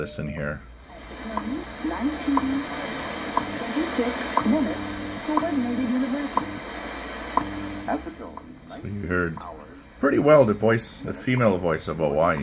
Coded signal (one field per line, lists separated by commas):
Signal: radio time signal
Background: speech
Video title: Yaesu FTdx10 Transceiver 15000 to 16000 kHz Shortwave band scan with comments 1930 UTC